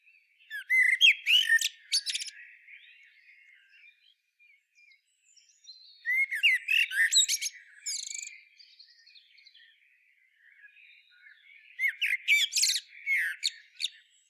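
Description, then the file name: Common blackbird song in three evenly spaced phrases roughly every five to six seconds, each a rich warble closing with a thin, squeaky twitter. "Turdus merula"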